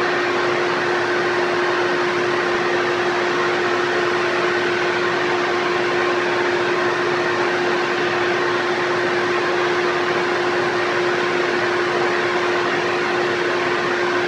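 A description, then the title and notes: A vacuum cleaner runs without pause, a steady, dense motor roar filling the whole range from low rumble to bright hiss. A clear, constant whine sits in the middle of the sound. Nothing changes in level or pitch over the fourteen seconds. VACUUM CLEANER WHITE NOISE SOUNDS.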